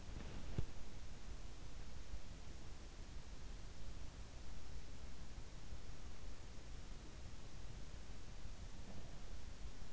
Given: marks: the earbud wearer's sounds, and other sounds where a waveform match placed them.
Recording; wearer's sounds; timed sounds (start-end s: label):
sounds in sleep by an in-ear microphone; body movement
0.00-0.84 s: body movement